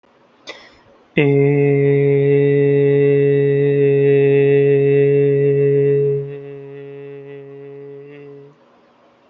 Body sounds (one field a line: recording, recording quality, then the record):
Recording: sustained vowel as in made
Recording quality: excellent, no background noise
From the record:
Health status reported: healthy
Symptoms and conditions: none ticked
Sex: male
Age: 28 years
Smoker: not ticked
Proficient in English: yes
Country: India